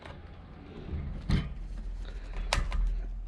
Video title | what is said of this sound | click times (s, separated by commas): X11 SIMREX DRONE -- UnBoxing -- fan mail | like that until they click uh you might they're a little bit hard to do | 2.5 s